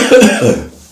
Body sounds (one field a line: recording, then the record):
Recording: coughing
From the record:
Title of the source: Spring Cold Coughing.